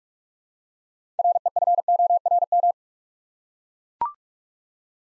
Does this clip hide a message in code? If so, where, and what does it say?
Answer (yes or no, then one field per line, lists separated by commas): yes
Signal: Morse code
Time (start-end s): 1.2-2.7 s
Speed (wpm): 44 wpm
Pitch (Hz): 700 Hz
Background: none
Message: REFORM